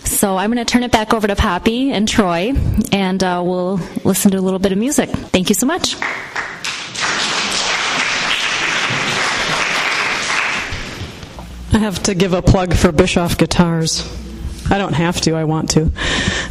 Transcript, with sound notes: So I'm going to turn it back over to Poppy and Troy and we'll listen to a little bit of music. Thank you so much. [applause] I have to give a plug for Bischoff guitars. I don't have to. I want to.